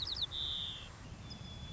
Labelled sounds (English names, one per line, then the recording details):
White-crowned Sparrow
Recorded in Sonoma County, California